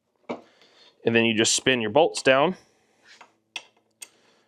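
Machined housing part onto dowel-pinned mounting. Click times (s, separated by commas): 0.3 s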